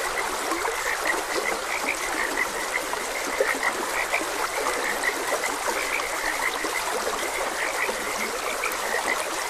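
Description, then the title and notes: Frog chorus of quick, repeated croaks, many callers overlapping above a continuous stream. Frogs croaking beside a gentle stream. "Gentle Stream and Frogs Croaking. Sleep and Relaxation Podcast"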